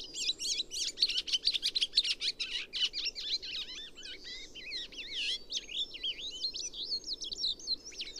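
Chestnut-cheeked starling producing rapid high chatter, a dense run of squeaky, bending notes that loosens later into wavy whistled squeals.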